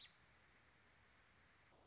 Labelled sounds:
American Robin
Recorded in Sonoma County, California

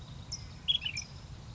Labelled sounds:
Ash-throated Flycatcher
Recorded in Sonoma County, California

